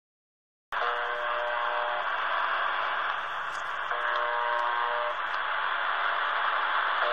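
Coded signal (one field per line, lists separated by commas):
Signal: channel marker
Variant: UVB-76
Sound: loud radio hiss with a faint low buzz coming and going, two or three times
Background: radio static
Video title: UVB-76 "The Buzzer" on 4625 khz received in Berlin, Germany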